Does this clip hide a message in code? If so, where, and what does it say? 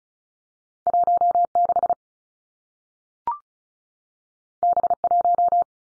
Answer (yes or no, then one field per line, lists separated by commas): yes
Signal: Morse code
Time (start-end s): 0.9-5.6 s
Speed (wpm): 36 wpm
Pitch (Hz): 700 Hz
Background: none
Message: 1 6 B 1